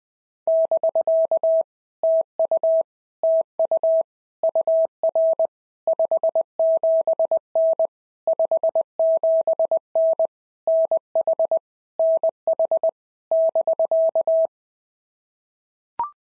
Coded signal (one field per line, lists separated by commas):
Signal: Morse code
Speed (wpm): 20 wpm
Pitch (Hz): 650 Hz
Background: none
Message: <BK> TU TU UR 57N 57N NH NH <BK>